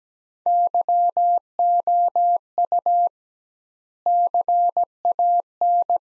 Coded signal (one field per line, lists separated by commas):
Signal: Morse code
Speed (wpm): 17 wpm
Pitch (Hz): 700 Hz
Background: none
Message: YOU CAN